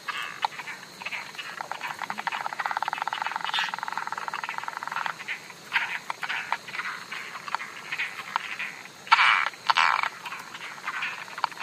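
Latouche's frog calls as rapid clicking pulse trains, a dense run between two and five seconds and shorter bursts after, against a steady hiss.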